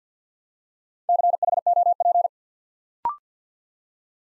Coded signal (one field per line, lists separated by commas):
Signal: Morse code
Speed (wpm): 50 wpm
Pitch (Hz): 700 Hz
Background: none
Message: CHOP